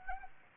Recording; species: mosquito wingbeat signal from an infrared sensor; Anopheles gambiae